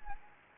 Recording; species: mosquito wingbeat signal from an infrared sensor; Anopheles gambiae